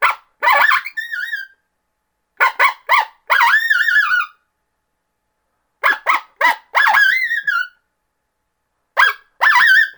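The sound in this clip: Coyote yipping and howling: bursts of sharp yips followed by wavering, drawn-out howls with rich overtones, repeating in several groups with short silences between.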